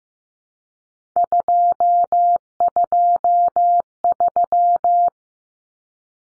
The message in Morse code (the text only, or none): 223